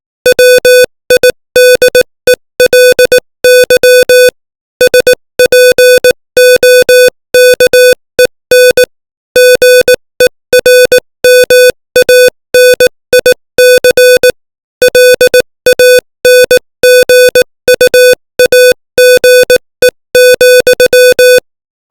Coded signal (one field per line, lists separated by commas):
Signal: Morse code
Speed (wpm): 18 wpm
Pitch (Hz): 500 Hz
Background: music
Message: WIDELY SPOKEN GERMANIC LANGUAGE,